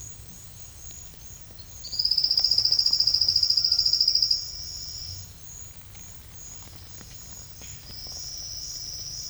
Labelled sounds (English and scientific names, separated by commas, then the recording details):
none
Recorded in secondary vegetation near Puerto Asís, Putumayo, Colombia, on 4 March 2025 at 09:30
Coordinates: 0.498, -76.327
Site G001